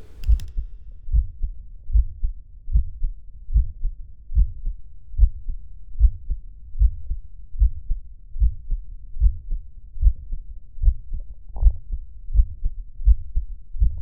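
Still's murmur, an innocent murmur common in healthy people, heard by stethoscope over the heart of a 20-year-old man, with a regular heartbeat of about 75 beats per minute.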